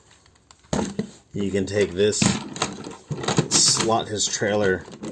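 The plastic trailer piece of a Transformers Commander Class Rodimus Prime action figure is handled and lined up to slide onto the figure's back, with light plastic taps and rattles in the first second. Someone talks over the handling. The trailer has not clicked into place or seated yet.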